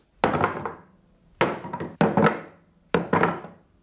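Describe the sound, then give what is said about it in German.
Guns drop and clatter onto a hard floor in several heavy, clunking impacts, some arriving in quick pairs, each ringing briefly before fading. No voices are heard. “die Kanonen bald auf den Boden poltern.”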